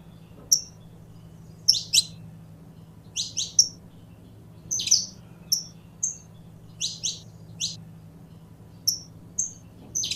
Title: Kenari Portugis